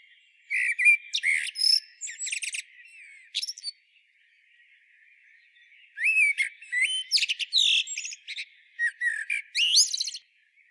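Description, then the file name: Eurasian blackbird song: two lively phrases of fluty notes and many sharp, high twittering sweeps, separated by a brief pause. "Turdus merula"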